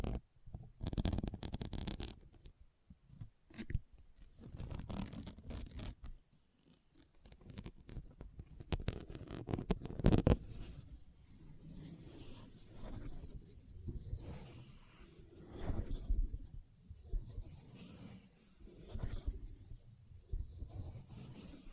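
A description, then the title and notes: A no-talking assortment of Christmas trigger sounds: sharp crinkly taps and tearing bursts in the first ten seconds, with a loud snap near ten seconds. After that come soft rubbing and rustling swells that rise and fade every few seconds, some bright and hissy. Christmas Trigger Assortment (No Talking).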